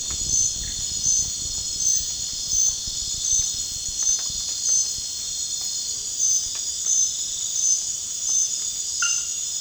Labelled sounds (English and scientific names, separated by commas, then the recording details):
none
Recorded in pastures near Puerto Asís, Putumayo, Colombia, on 30 June 2025 at 00:30
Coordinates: 0.466, -76.322
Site GP07